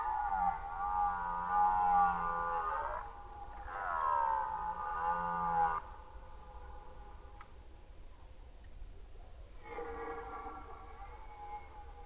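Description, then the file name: Red deer delivers two long, deep, buzzing roars back to back, then falls silent for a few seconds before a softer third roar. Recorded during the rut, 2011. "rykowisko 2011"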